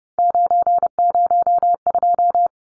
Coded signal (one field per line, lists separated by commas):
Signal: Morse code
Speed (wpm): 30 wpm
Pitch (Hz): 700 Hz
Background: none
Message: 902